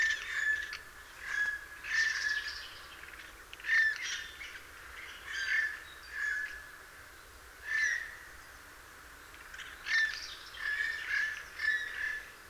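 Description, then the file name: Eurasian jay giving harsh, rasping screech calls in short bursts, about one every second or two, with a few brief pauses throughout. "Garrulus glandarius"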